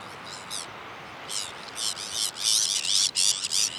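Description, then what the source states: Sabine's gull calling with harsh, grating notes: a few short bursts, then a loud, dense run of rasping calls to the end. Recorded on Jan Mayen, 14 July 2024.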